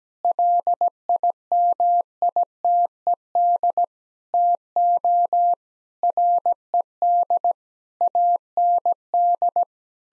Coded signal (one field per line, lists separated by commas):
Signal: Morse code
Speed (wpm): 17 wpm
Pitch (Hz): 700 Hz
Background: none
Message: LIMITED TO RED AND